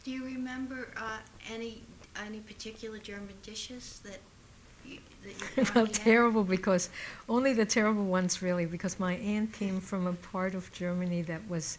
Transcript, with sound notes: Do you remember any; any particular German dishes that, that you?
[Laughs] I felt terrible because, only the terrible ones, really, because my aunt came from a part of Germany that was